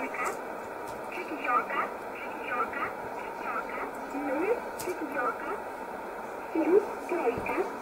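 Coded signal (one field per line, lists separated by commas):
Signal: numbers station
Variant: S11a Cherta, Russian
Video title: 01 06 2020 S11a Cherta Numbers station in Russian 0708 on 9339 unknown tx site in USB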